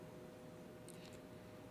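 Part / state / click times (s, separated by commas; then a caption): suspension pivot ball into plastic socket of RC car front end / seated / 0.9 s. A cheap threaded pivot-ball tool is turned until a metal suspension pivot ball pops into its plastic socket on a Tsunami front end for an oval-racing RC pan car. Over a steady low hum, a small crisp click sounds at 0.9 s, followed by a couple of faint high ticks. The pivot ball is seated in the socket.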